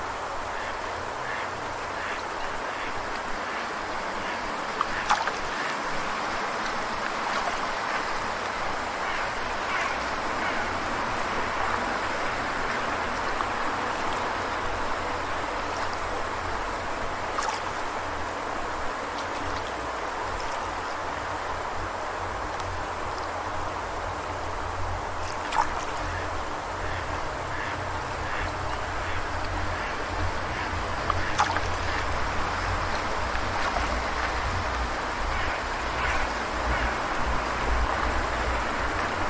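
Water runs in a steady, dense wash that holds its level for the full forty seconds, over a low, constant rumble. Short bright chirps, perhaps duck quacks, come and go, and sharp clicks stand out near 5, 25 and 31 seconds.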